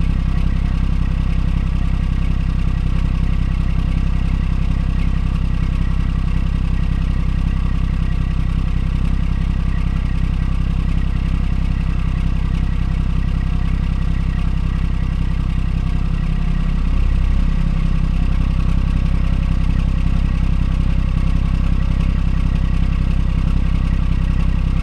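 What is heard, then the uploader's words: A semi truck's diesel engine idles steadily, a deep, even rumble with a faint tonal hum riding above it. Loudness holds constant throughout, apart from a brief low surge around seventeen seconds before the idle settles back. The soothing sounds of a semi truck idling. The steady, rhythmic sound of the diesel engine.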